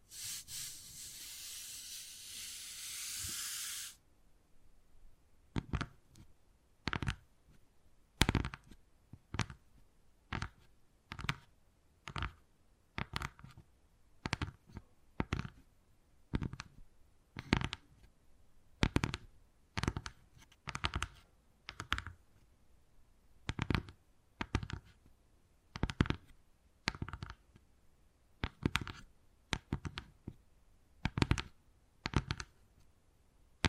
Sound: Wood Carving, Tapping and Scratching Sounds